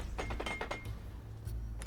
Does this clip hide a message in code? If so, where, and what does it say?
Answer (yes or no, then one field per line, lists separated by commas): no